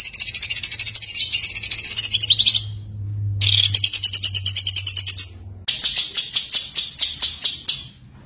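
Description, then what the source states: White-eye giving a continuous high, rapid trilling warble that runs for seconds, then a series of separate sharp high notes at a steady pace. Masteran tutor recording of white-eye song, gacor (continuous singing), full tembakan.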